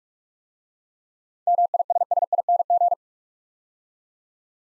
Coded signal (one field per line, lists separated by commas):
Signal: Morse code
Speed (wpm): 44 wpm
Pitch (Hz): 700 Hz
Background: none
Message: MISSING